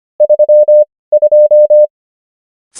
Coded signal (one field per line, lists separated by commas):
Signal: Morse code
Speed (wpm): 25 wpm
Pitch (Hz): 600 Hz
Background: none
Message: 32